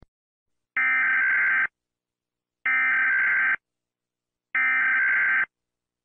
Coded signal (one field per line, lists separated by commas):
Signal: Emergency Alert System (SAME) tones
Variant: header bursts